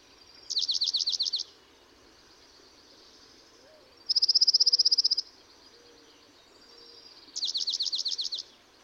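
Dark-eyed junco alternating song types: a trill of slurred notes, then a fast buzzy flat trill, then another slurred-note trill, each about a second long.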